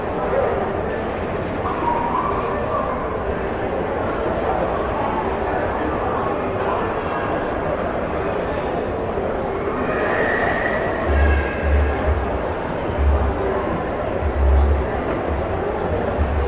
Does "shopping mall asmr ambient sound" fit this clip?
yes